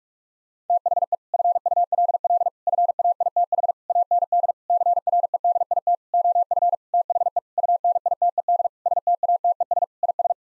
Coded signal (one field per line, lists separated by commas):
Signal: Morse code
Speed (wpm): 46 wpm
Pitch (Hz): 700 Hz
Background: none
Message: THE FULL FAITH AND CREDIT OF THE UNITED STATES IS